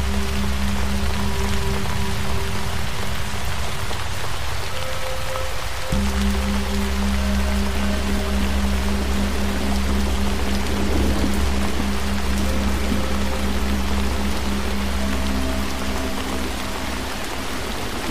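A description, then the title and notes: Steady, dense rain hisses evenly throughout, with low sustained bowl tones humming underneath. The deep drone drops out for a moment near the five-second mark, then returns, while fainter, higher ringing tones come and go over the constant rainfall. Rain Soundscape.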